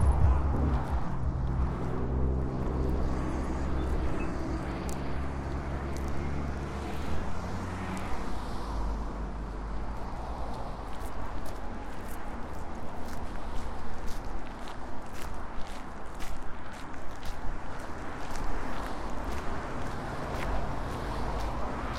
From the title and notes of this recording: Soundwalk: A walk through Marpole. The southern tip of Marpole is a gateway into the lower mainland and intersects important nodes of transportation by land, air and water.